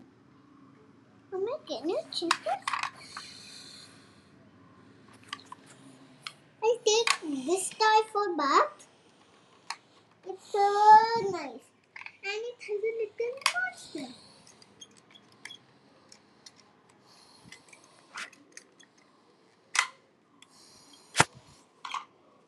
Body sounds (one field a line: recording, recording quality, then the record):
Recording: deep breathing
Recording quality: poor, much background noise or distortion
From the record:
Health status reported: exposed to COVID-19, no respiratory illness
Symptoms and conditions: none ticked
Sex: female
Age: 38 years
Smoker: not ticked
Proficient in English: yes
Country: India